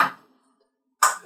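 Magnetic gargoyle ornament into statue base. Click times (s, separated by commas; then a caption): 0.0 s, 1.0 s. A small polystone gargoyle/eagle ornament is pressed onto the base of a Prime 1 Studio Arkham Knight polystone statue, and strong magnets pull it in. Sharp snaps ring out at 0.0 s and 1.0 s, separated by near silence. The piece seats exactly where it belongs.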